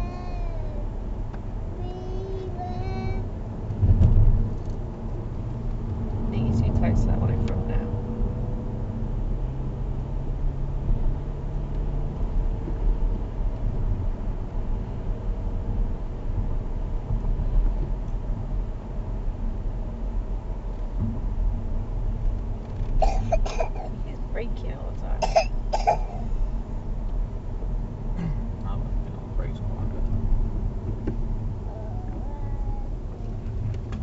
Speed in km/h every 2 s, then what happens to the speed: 55, 52, 53, 56, 60, 63, 63, 61, 61, 58, 56, 55, 55, 55, 52, 44, 35.
3-10 speeds up to 63. 10-34 slows to 35.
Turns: none.